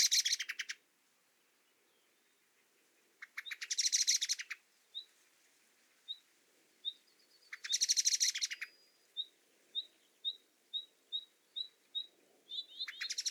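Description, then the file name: Common blackbird harsh rattling bursts roughly every four seconds, with a series of thin, high, evenly spaced call notes filling the gaps. "Turdus merula"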